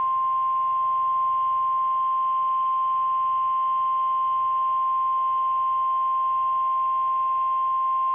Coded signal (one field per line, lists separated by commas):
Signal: Emergency Alert System (SAME) tones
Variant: 1050 Hz attention tone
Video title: Severe Thunderstorm Warning (EAS #17)